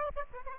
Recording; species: mosquito wingbeat signal from an infrared sensor; Aedes aegypti